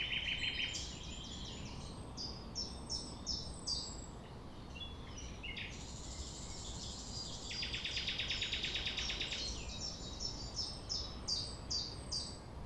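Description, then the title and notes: Common nightingale song with quick repeated notes, a long buzzy rattling trill in the middle, then more rapid chirps; steady low hiss throughout. 6 a.m. at sunrise near the Thève at Champ de Ménage; the nightingale sings without waiting for silence. "6 A.M. Lever du soleil non loin de la Thève au Champ de Ménage. Le rossignol n'attend pas le silence."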